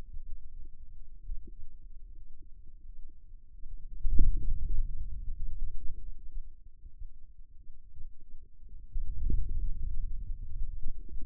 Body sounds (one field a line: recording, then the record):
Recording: forearm muscle sounds (acoustic myography)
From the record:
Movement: radial deviation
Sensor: system 2, bracelet of six BSWA MPA416 microphones around the upper forearm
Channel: 3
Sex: male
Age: 22 years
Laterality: right